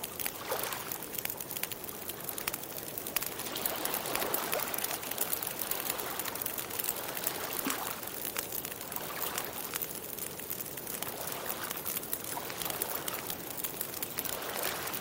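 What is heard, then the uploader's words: A campfire by the beach crackles steadily, with dense, irregular pops and snaps scattered through the whole fifteen seconds. Beneath the fire sits a constant soft wash, like surf or wind, keeping the level even with no pauses. Fire Sounds And Campfire By The Beach Sounds. Crackling fire sounds, fireplace sounds, campfire sounds, burning fire sounds.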